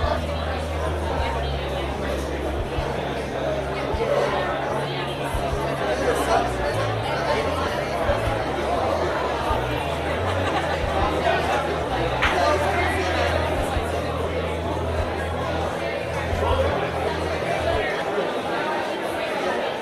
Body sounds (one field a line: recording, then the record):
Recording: background sound without coughing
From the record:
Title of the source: CITY SOUNDS Busy Bar in the Evening Night - 2 HOURS of Ambiance for Relaxation